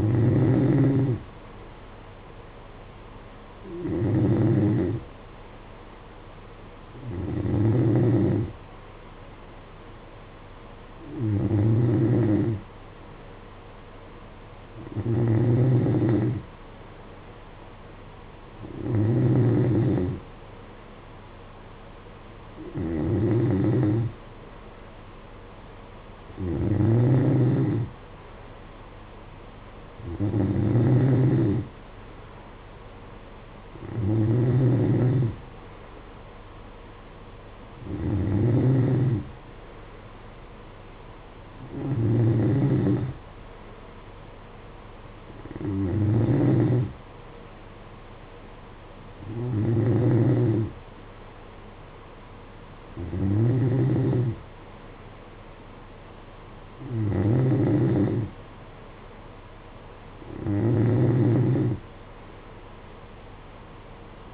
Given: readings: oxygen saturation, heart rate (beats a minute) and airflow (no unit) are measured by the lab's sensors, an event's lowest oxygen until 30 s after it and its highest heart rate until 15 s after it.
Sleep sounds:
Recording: breathing in sleep by a voice recorder at the bedside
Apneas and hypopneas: none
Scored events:
5.00-64.34 s: new sleep stage, N3 (deep sleep)
From the record:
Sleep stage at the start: N2 (light sleep)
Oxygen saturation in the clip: 92 to 93%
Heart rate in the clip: 56 to 60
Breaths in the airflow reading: 17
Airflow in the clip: -8.6 to 6.1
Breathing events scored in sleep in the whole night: 476 in 9.7 hours asleep

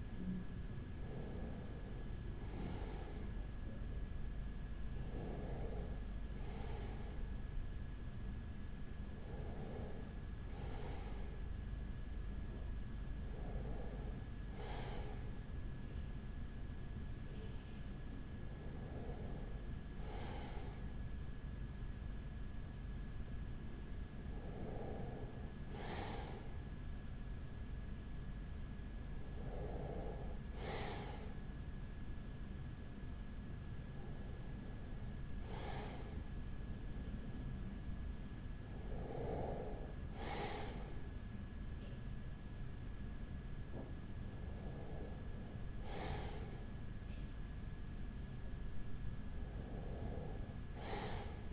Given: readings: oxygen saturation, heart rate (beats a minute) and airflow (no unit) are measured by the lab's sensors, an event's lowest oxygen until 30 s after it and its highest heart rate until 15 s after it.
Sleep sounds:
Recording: breathing in sleep by a smartphone at the bedside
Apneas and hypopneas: none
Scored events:
none scored
From the record:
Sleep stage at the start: REM sleep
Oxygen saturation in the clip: 96%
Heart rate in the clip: 41 to 50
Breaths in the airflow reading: 11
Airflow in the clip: -6.1 to 5.3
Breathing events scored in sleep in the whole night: 207 in 7.6 hours asleep

